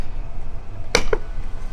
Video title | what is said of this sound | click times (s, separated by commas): Removing Factory 4Runner Crossbars (5th Gen 4Runner) | you go you'll you'll hear the click boom and now | 1.0 s